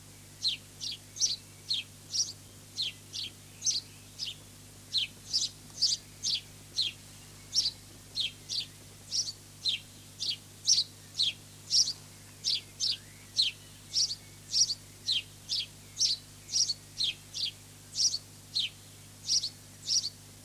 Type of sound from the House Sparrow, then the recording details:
song. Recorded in the wild. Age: adult. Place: Lübars, Benekendorffstraße, Berlin, DE. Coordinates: 52.6167, 13.3469. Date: 2006-04-30 19:00. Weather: sunny, 12°C. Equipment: Grundig CR 110, Sennheiser ME 80, Kopie Uher 4000 Report Monitor. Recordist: Tembrock, Günter